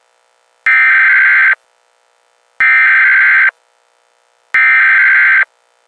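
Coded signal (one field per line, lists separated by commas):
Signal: Emergency Alert System (SAME) tones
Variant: header bursts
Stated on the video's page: Fictional EAS scenario.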